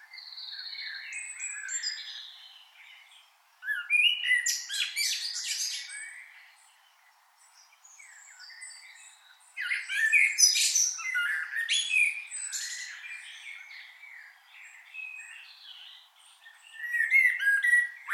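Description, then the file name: Common blackbird song: repeated phrases of low fluting notes mixed with dense, scratchy high twittering over about eighteen seconds. "Turdus merula"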